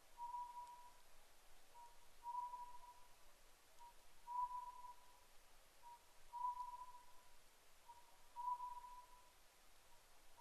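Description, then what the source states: Oriental scops owl: steady, evenly spaced whistled calls, each a short note leading into a longer note, repeating about every two seconds. Recorded 10 May 2010 at 01:03.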